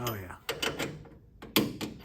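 A click-type torque wrench is used to retorque a U-joint bolt on a flat fender Jeep with an L134 transmission, set to 55 lbs. Someone talks, then the wrench gives a sharp click at 1.6 s, confirming the bolt has reached torque.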